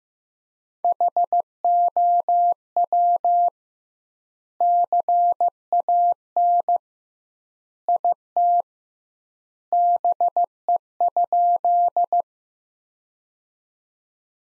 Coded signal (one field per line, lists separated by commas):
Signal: Morse code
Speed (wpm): 15 wpm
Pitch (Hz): 700 Hz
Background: none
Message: HOW CAN IT BE?